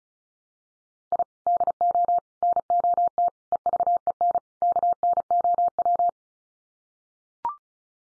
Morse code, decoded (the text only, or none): I DO NOT EVEN KNOW